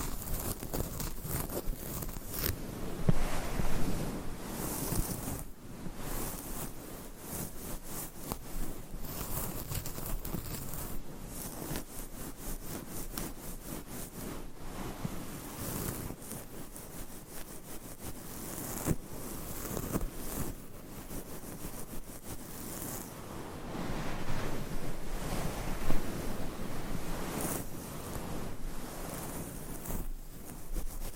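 Nails scratch across microphone covers, making a dense, continuous rasping and rustling that fills the lows and the bright highs alike. Quick strokes and sharp bursts come unevenly throughout, with louder, rougher stretches near the start and again around twenty-three to twenty-seven seconds.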